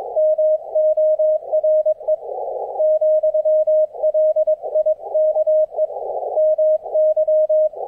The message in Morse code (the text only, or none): MORE, LIKE MY